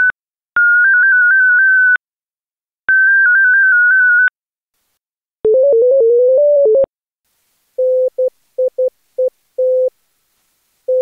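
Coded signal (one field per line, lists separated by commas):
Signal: multi-tone FSK (Olivia or MFSK type)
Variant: Contestia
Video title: Daily Minutes, January 26, 2016, with contestia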